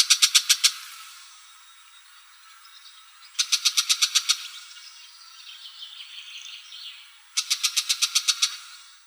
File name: ZHulan sibirskij